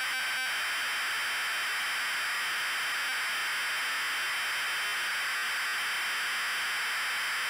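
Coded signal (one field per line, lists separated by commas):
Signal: ZX Spectrum tape loading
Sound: loud continuous harsh rasping data screech after a brief stuttering start, no clear lead tone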